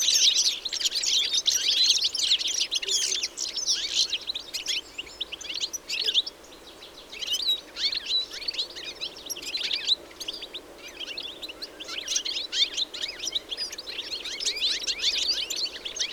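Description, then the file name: European goldfinch twittering calls, a dense stream of high, liquid chirps and trills overlapping continuously, with a brief lull around six to seven seconds before the chatter resumes. "Carduelis carduelis"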